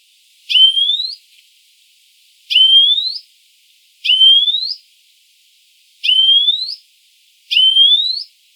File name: Chloris chloris